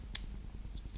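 A plastic piece with holes for the LED and battery is pressed down into the frame of a DIY toy drone kit. A sharp, bright click at 0.2 s shows it has seated, followed by two much fainter ticks near 0.8 s and 1.0 s over a low background rumble.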